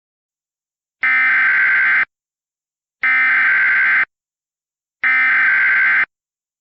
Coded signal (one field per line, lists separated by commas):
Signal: Emergency Alert System (SAME) tones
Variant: header bursts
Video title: *VALID TONES* The Winds of Wilma (EAS Remake 10/24/05)